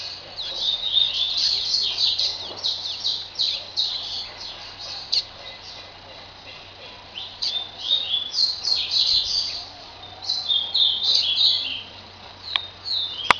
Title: Canto Coleiro